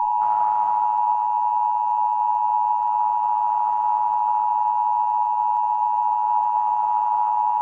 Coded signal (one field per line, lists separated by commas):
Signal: Emergency Alert System (SAME) tones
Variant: 853 and 960 Hz attention tone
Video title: California 2011 EAS Tsunami Warning (RECREATION)